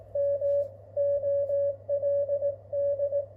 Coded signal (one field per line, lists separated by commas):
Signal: Morse code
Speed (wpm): 16 wpm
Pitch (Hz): 570 Hz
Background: none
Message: M OLD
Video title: Qso avec Peter , sm0rrx. (Key cw g4zpy renovation)